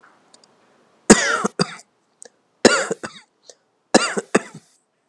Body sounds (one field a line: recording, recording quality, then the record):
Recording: heavy voluntary cough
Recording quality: excellent, no background noise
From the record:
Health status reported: healthy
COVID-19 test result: not tested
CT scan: not taken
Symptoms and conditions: none ticked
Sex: male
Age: 28 years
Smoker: no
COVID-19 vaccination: one dose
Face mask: not worn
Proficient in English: yes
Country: India